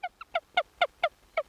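Whiskered Auklet calls: seven short, nasal, honking notes, each brief and rich in overtones.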